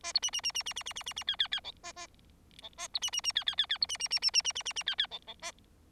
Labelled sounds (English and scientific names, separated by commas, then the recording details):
Bengalese Finch (Lonchura striata domestica) song
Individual Bird4